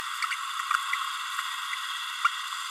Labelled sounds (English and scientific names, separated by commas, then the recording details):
Green-rumped Parrotlet (Forpus passerinus) babbling
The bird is a female
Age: 30 days
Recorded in a nest box in Venezuela
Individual 17B32A7